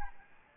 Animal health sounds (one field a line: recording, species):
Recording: mosquito wingbeat signal from an infrared sensor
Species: Aedes albopictus